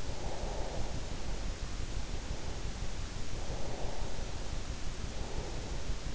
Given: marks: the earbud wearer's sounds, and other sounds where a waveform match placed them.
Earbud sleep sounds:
sounds in sleep by an in-ear microphone; breath
0.00-2.35 s: breath
3.08-6.10 s: breath

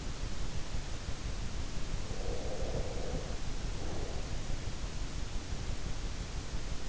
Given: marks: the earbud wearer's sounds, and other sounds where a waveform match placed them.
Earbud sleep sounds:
sounds in sleep by an in-ear microphone; breath
1.88-4.50 s: breath

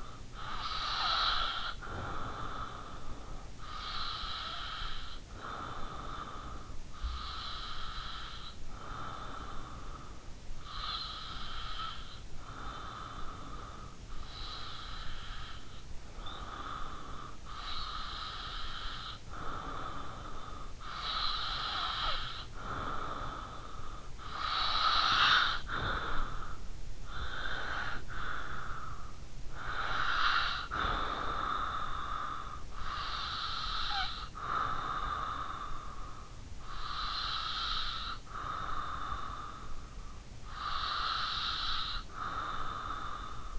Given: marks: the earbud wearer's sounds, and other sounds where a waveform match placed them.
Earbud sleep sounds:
sounds in sleep by an in-ear microphone; breath
0.00-29.15 s: breath
29.37-40.22 s: breath
40.49-43.59 s: breath

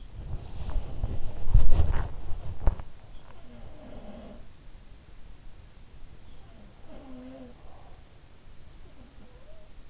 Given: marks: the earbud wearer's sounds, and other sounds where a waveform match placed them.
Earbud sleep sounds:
sounds in sleep by an in-ear microphone; body movement
0.00-2.67 s: body movement
0.49-1.69 s: sound from someone else or the room
3.22-4.63 s: sound from someone else or the room
6.64-7.60 s: sound from someone else or the room
8.73-9.68 s: sound from someone else or the room

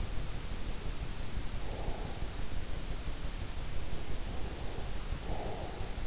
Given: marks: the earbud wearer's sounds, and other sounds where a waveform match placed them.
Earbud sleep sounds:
sounds in sleep by an in-ear microphone; breath
0.82-3.62 s: breath
4.14-6.07 s: breath

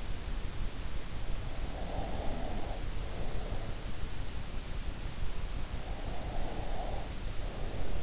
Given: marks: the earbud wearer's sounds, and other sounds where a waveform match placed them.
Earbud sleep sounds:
sounds in sleep by an in-ear microphone; breath
1.71-4.20 s: breath
5.83-8.03 s: breath

